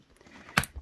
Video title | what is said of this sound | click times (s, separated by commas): S3E5 Ice Worms and Ice Bugs | snap it in you hear it snap and then you just crank it and you crank it till it's | 0.6 s